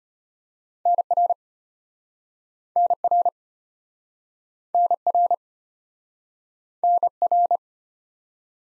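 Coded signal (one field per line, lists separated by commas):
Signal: Morse code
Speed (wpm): 33 wpm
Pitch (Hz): 700 Hz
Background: none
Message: NR NR NR NR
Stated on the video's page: Morse abbreviations practice at 25 WPM, starting fast and slowing incrementally to base speed; fastest is 1.5 times slowest; final repeat at maximum speed.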